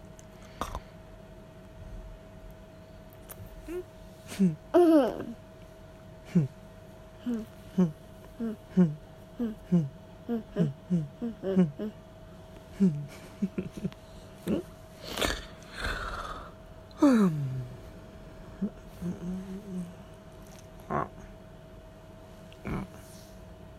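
Laughter comes in quick bursts of short, voiced chuckles from about five to twenty seconds, broken by louder breathy gasps near fifteen and seventeen seconds. A steady faint whine and a low murmur sit underneath.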